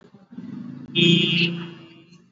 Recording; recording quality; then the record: sustained vowel as in beet; excellent, no background noise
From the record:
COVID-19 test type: RT-PCR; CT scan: not taken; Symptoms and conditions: cough, cold, fever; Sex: male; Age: 31 years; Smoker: no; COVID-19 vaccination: both doses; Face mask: worn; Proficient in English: yes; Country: India